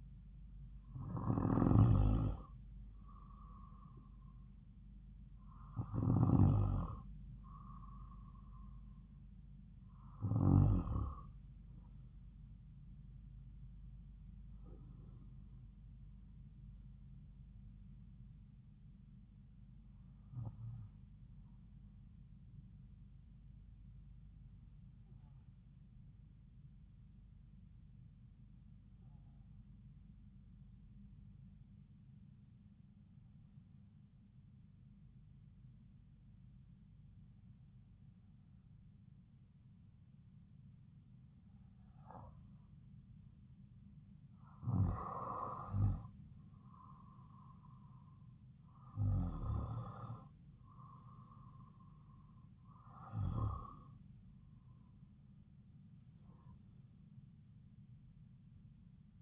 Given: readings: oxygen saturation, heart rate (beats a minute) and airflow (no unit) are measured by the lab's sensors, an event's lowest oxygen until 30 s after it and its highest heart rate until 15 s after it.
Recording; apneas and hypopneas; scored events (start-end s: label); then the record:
breathing in sleep by a smartphone at the bedside; 1
25.00-47.90 s: hypopnea (N2, oxygen 96% highest, then 92% lowest, heart rate 55 at the start, 65 highest)
From the record:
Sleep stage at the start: N2 (light sleep); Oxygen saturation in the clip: 92 to 96%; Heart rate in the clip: 55 to 63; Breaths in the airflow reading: 14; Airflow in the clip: -4.8 to 6.8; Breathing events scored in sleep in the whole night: 270 in 6.1 hours asleep